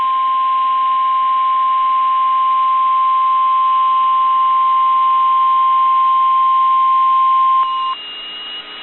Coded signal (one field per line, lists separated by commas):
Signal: Emergency Alert System (SAME) tones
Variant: 1050 Hz attention tone